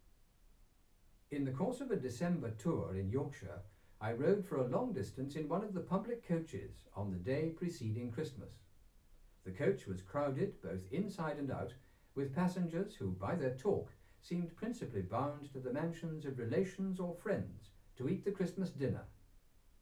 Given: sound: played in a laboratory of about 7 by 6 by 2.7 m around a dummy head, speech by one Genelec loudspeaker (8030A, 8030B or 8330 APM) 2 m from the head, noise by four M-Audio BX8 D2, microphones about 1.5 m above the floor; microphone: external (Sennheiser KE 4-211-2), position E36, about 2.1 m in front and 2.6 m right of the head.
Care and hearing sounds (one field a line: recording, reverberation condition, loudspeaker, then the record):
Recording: male speech in English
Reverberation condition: low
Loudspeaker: behind (180 degrees)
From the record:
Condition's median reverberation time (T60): about 310 ms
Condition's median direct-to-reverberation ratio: about 3.5 dB